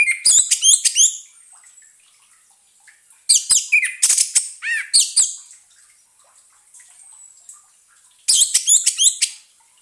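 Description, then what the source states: Orange-headed thrush song with rapid, jumbled phrases of whistles, trills and squeaky notes, delivered in three bursts with brief silences between. Therapy sound meant to restart singing in an orange-headed thrush (anis merah) that has stopped singing (macet bunyi).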